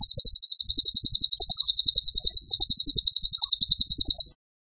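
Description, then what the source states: Bird song: a rapid-fire trill of sharp, high, stuttering notes running for over four seconds before stopping abruptly. Training (masteran) recording for cage birds; song style called tembakan; bird singing vigorously (gacor).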